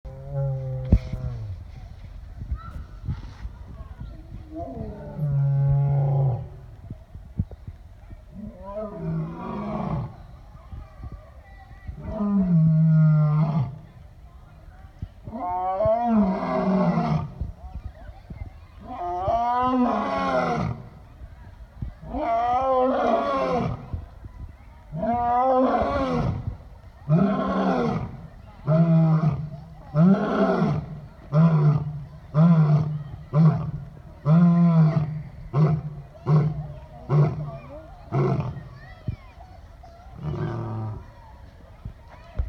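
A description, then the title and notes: A lion roars in a long sequence, starting with a few deep, drawn-out moans spaced several seconds apart, then building into faster, shorter grunts packed closely together after about 25 seconds. The calls are resonant, over a low rumbling background. Lion Roars! We were at the zoo!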